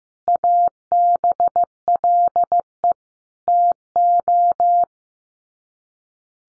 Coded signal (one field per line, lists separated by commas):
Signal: Morse code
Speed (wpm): 15 wpm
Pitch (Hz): 700 Hz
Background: none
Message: ABLE TO